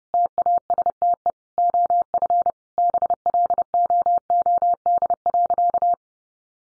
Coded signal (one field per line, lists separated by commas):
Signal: Morse code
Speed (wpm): 30 wpm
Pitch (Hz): 700 Hz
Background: none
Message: TASTE OF BLOOD.